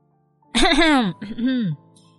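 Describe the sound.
A woman raises her hand to her mouth and clears her throat in two short, voiced bursts, a deliberate 'ahem' with a falling tone on each part, moderately loud with nothing else around it.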